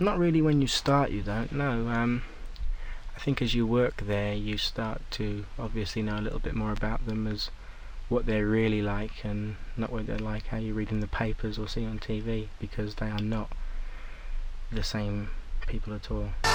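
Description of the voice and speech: An adult man with a stammer talks conversationally in a low voice, giving biographical reflections in an interview. Mostly fluent phrases are broken by stretched sounds and silent holds mid-phrase, as in "and…", "not…" and "same… people". These prolongations and blocks fit stuttering.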